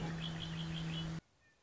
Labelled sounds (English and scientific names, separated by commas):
Red-winged Blackbird (Agelaius phoeniceus)